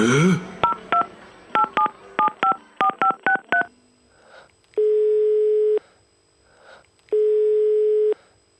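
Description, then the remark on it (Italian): A quick, uneven run of about ten bright touch-tone keypad beeps dialing a number that turns out not to exist, followed by two long, steady, low-pitched phone tones separated by a pause of silence. “Attenzione, il numero selezionato è inesistente.”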